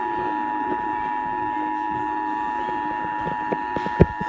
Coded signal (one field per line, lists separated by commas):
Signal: Emergency Alert System (SAME) tones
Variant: 853 and 960 Hz attention tone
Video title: EAS #69 Illinois Communcations Drill